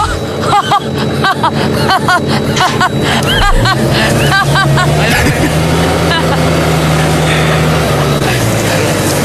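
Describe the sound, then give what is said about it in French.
Several voices talk and call out, then a woman's tractor engine starts a low, steady drone partway through that hums on beneath the chatter for several seconds before easing off. “Bon, elle s'est arrêtée avec son tracteur pour se moquer.”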